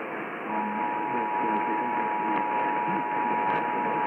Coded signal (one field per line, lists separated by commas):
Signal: Emergency Alert System (SAME) tones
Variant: 853 and 960 Hz attention tone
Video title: New York City Required Monthly Tests (EAS #779-780)